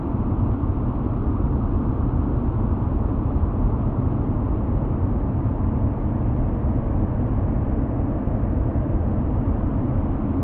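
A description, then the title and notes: A steady, dense rumble of spaceship cabin noise, heavy in the low end with a muffled hiss above and nothing past the upper mids. It holds constant for the whole stretch, with a faint low hum running underneath and no distinct events. Private Spaceship - White Noise.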